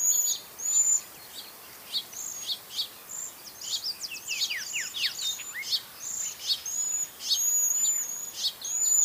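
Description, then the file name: Cedar waxwing's high, thin, lisping notes given over and over, mixed with many quick downslurred chirps in a busy stretch. "Cedar Waxwing Bombycilla cedrorum"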